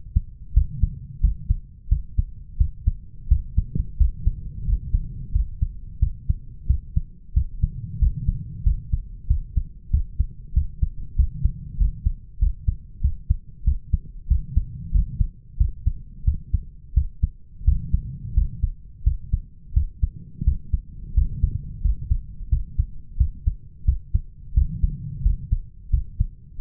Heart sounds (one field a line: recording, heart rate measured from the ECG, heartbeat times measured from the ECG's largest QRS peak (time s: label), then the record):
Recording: heart sounds by stethoscope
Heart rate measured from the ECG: 90 bpm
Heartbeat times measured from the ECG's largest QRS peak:
0.56 s: heartbeat
1.23 s: heartbeat
1.91 s: heartbeat
2.59 s: heartbeat
3.30 s: heartbeat
3.99 s: heartbeat
4.67 s: heartbeat
5.34 s: heartbeat
6.02 s: heartbeat
6.69 s: heartbeat
7.36 s: heartbeat
8.01 s: heartbeat
8.66 s: heartbeat
9.29 s: heartbeat
9.93 s: heartbeat
10.56 s: heartbeat
11.18 s: heartbeat
11.80 s: heartbeat
12.41 s: heartbeat
13.03 s: heartbeat
13.66 s: heartbeat
14.30 s: heartbeat
14.94 s: heartbeat
15.59 s: heartbeat
16.26 s: heartbeat
16.96 s: heartbeat
17.67 s: heartbeat
18.36 s: heartbeat
19.06 s: heartbeat
19.75 s: heartbeat
20.46 s: heartbeat
21.16 s: heartbeat
21.84 s: heartbeat
22.51 s: heartbeat
23.19 s: heartbeat
23.87 s: heartbeat
24.56 s: heartbeat
25.25 s: heartbeat
25.92 s: heartbeat
26.60 s: heartbeat
From the record:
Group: healthy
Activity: rest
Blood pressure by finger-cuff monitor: 139/85 mmHg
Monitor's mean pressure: 103 mmHg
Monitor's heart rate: 89 bpm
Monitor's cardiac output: 7.4 L/min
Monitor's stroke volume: 83 mL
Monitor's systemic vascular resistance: 1030 dyn s/cm5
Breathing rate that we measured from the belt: 18 breaths a minute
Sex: male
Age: 21 years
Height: 175 cm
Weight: 72.6 kg